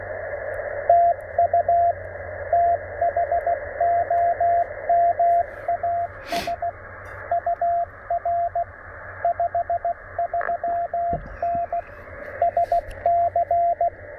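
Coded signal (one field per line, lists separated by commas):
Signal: Morse code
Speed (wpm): 18 wpm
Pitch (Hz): 690 Hz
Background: radio noise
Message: TU THOMAS UR 53N SC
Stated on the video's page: QRP CW for a park (POTA) activation, TR-45L radio, MC-750 antenna, sent with a bug emulator and paddle.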